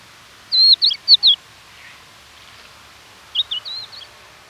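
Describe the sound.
Crested lark giving high whistled calls, a quick run of four wavering notes, then after a pause a second softer burst of similar notes.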